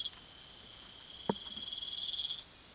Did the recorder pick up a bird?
no